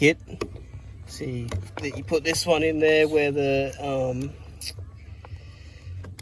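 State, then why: Seated. A Stealth throttle controller kit's wiring harness plug is pushed into the connector that came off the throttle pedal while someone talks. A short, sharp click is heard at 6.2 s as the plug locks into place and is seated.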